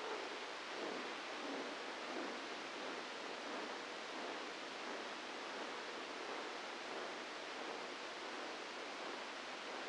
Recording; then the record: brain microelectrode recording played as sound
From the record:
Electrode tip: inside the subthalamic nucleus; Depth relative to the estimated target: -2 mm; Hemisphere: left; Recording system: NeuroSet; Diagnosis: Parkinson's disease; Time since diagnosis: 9 years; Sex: female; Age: 51 years